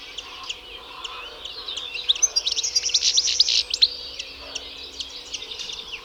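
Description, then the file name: European goldfinch song: soft twitters build into a loud, buzzy, tinkling burst in the middle, then fade back to scattered chirps. "Carduelis carduelis"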